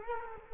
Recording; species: mosquito wingbeat signal from an infrared sensor; Culex quinquefasciatus